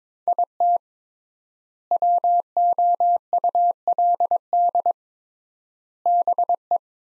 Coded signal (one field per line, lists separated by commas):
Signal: Morse code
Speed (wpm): 22 wpm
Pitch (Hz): 700 Hz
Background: none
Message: IT WOULD BE